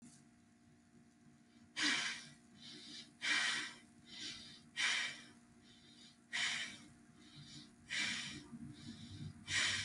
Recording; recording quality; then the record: shallow breathing; excellent, no background noise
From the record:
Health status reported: healthy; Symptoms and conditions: none ticked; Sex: female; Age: 26 years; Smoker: not ticked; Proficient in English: yes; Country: United States